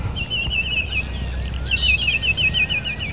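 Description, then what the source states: Greater Yellowlegs calling in two bouts of rapid, wavering high whistled notes, the second louder, over a steady low rumble of background noise. Recorded at Mitchell Lake.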